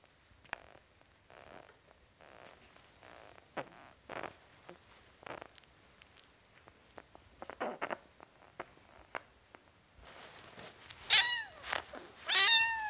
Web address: BBC Sound Effects Library. Cats 07 Four Week Old Kitten, Meowing